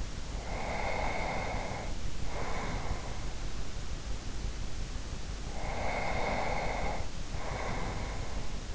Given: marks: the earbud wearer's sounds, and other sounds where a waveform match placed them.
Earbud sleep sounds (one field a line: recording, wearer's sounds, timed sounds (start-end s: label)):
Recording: sounds in sleep by an in-ear microphone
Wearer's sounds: breath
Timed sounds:
0.42-3.36 s: breath
5.57-8.75 s: breath